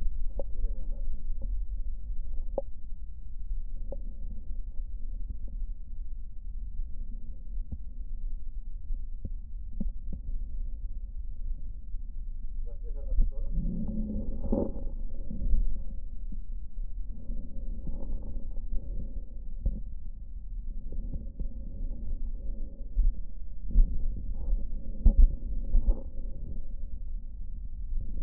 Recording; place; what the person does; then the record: lung sounds by stethoscope; left posterior basal chest; quiet breathing, then deep breathing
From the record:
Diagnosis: pulmonary infection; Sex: male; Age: 74 years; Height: 171 cm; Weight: 80 kg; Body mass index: 27.4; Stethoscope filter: diaphragm mode